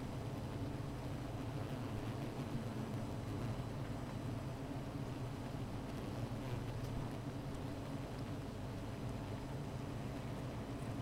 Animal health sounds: honeybee colony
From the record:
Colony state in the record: missing queen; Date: 14 July 2017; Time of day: 15:44

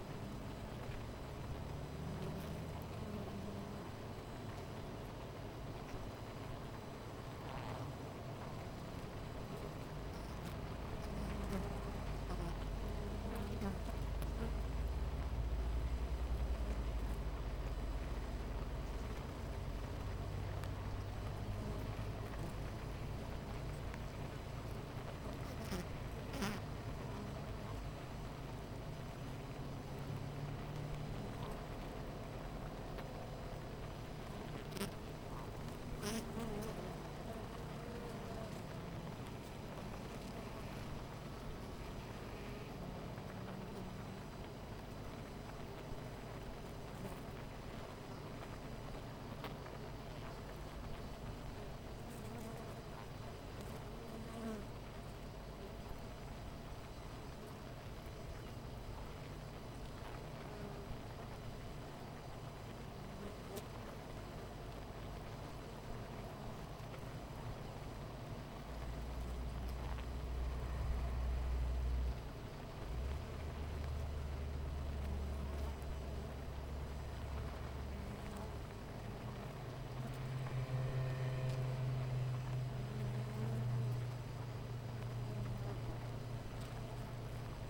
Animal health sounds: honeybee colony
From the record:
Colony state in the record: missing queen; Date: 14 July 2017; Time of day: 10:20

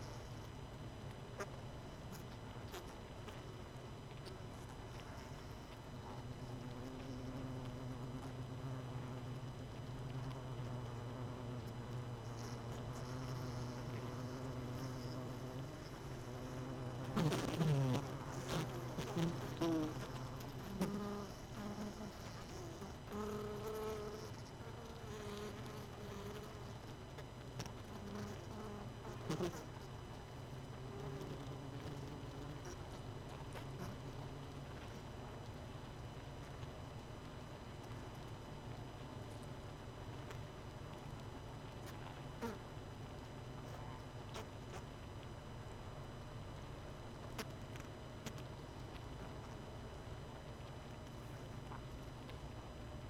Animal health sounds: honeybee colony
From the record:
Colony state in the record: missing queen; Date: 31 May 2018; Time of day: 20:34

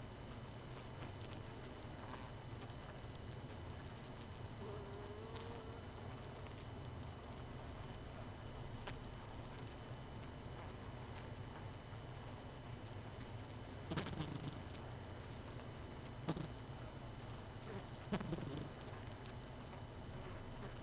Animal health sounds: honeybee colony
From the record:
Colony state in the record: missing queen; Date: 31 May 2018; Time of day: 22:07

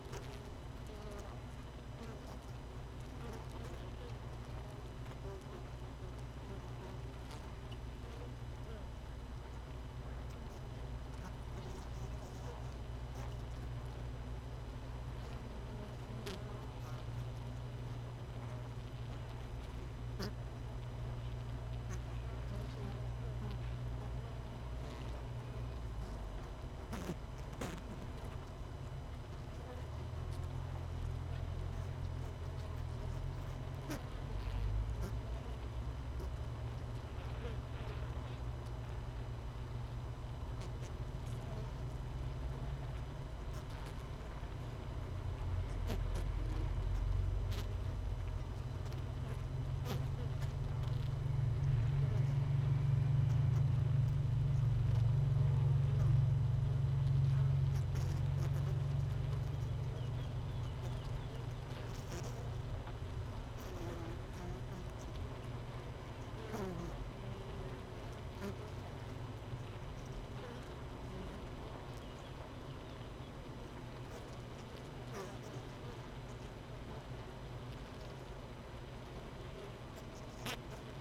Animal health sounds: honeybee colony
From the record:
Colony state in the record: missing queen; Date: 31 May 2018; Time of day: 17:40

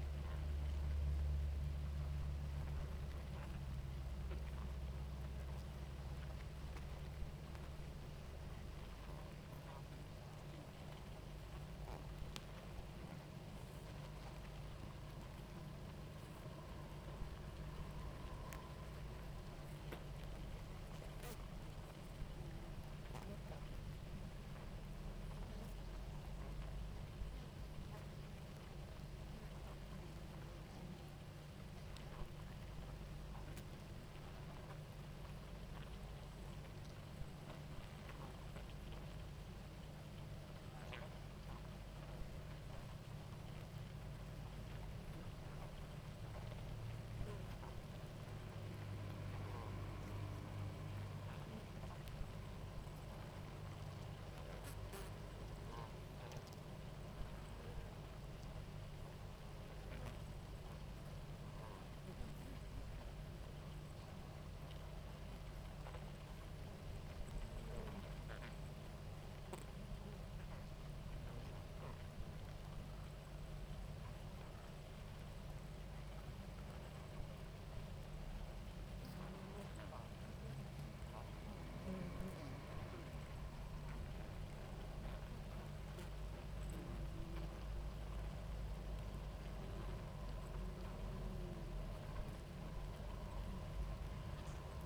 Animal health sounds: honeybee colony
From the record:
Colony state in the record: active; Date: 28 July 2017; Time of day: 18:32

